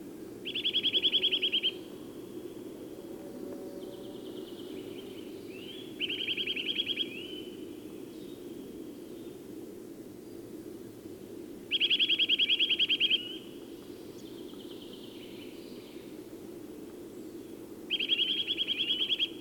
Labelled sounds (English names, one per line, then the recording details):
Eurasian Nuthatch call
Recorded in the wild
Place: Kuchelmiß, Mecklenburg-Vorpommern, DE
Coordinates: 53.347, 12.347
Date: 1981-03-28
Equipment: Nagra III BH, Sennheiser MD 21, parabola
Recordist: Schubert, Michael
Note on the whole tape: Zwei Rufformen von zwei Kleibern